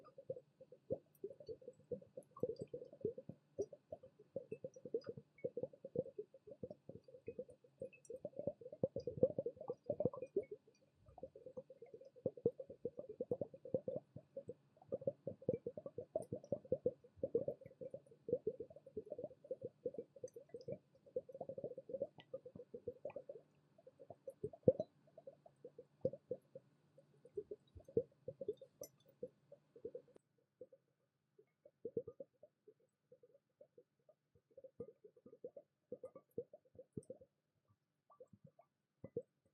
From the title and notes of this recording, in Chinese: ASMR×KU100 | 舒壓放鬆助眠咕嚕咕嚕水聲!!!Water Sounds | NO Talking。